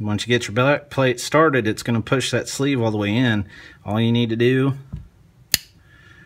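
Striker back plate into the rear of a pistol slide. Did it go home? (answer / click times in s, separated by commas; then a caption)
yes / 5.5 s. A polymer striker back plate is slid onto the rear of a pistol slide, pushing the striker sleeve all the way in, while someone talks. The plate is then pressed home and clicks into place with a sharp snap at 5.5 seconds, seating the back plate.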